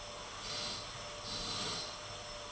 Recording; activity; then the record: daily activity, microphone in the room; vacuum cleaning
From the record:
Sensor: 4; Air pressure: 989.5 hPa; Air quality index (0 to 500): 216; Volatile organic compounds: 67 ppm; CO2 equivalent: 3493 ppm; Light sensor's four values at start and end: 26/91/33/35 and 26/91/33/35